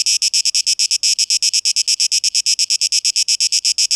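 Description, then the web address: Cicada buzzing in rapid, rhythmic pulses, high and hissing with no other sounds. Recorded 12 August 2023. "rauschpartikel 2023-08-12 Zikaden"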